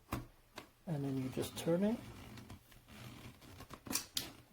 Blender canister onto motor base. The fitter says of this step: until you hear this sort of snapping sound which you just heard. And then it's locked and ready to go.